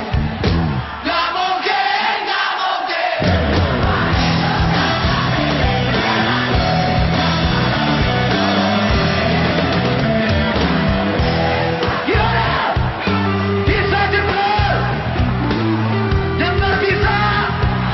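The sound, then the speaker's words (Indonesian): A large crowd in a sports hall (GOR) yells together in answer to a speaker's question, a loud, sustained roar of many overlapping voices, keeping up a dense wall of shouting for the whole stretch. “Tapi kalau gua bertanya sesuatu yang kalian pikir enggak mungkin, semua yang ada di gor ini berteriak seperti ini.”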